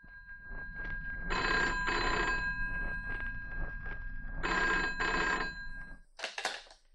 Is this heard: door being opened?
no